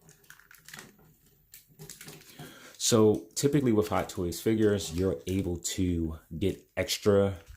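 Someone talks while handling a Hot Toys 1/6 scale plastic Marvel Iron Man Mark L (50) action figure from Avengers: Infinity War, about to pull the torso joint upward from the abdomen into its extended position for extra range of movement. Faint, short handling taps come early in the clip under the talking. The torso has not clicked or seated yet.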